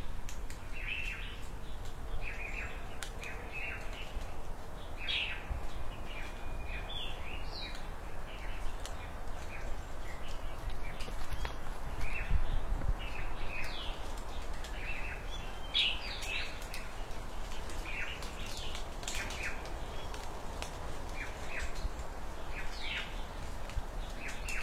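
Birds chirp repeatedly in bright bursts by a village pond in the morning, over a steady low rumble of outdoor background noise.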